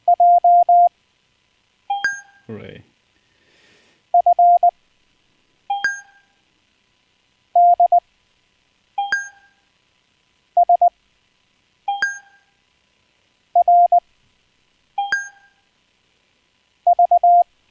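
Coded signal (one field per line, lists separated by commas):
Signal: Morse code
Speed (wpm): 20 wpm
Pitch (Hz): 700 Hz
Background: speech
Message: JFDSRV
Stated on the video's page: Live, unplanned amateur radio stream with some CW practice.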